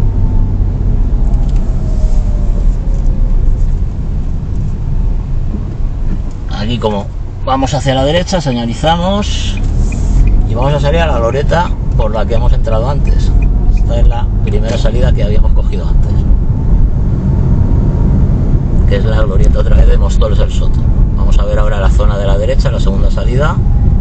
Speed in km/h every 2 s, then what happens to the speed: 23, 18, 12, 5, 4, 20, 22, 28, 31, 31, 29, 28.
0-6 slows to 5. 8-15 speeds up to 31. 15-24 steady at about 29.